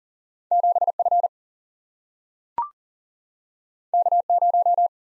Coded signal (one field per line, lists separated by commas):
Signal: Morse code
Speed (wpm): 40 wpm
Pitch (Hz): 700 Hz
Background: none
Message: 7 F K 0